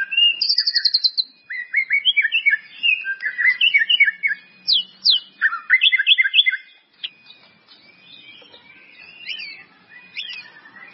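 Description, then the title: White-rumped Shama song: rapid trills and bright whistled phrases, fast repeated notes jumping between high and middle pitch, fading into quieter scattered notes near the end. "murai batu"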